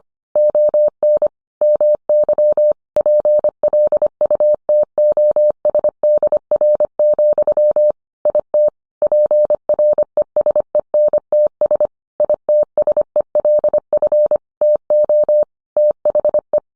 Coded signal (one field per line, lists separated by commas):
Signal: Morse code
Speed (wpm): 25 wpm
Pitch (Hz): 600 Hz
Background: none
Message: ON MY PLUTOSDR, IT PRESENTS ITSELF TO THE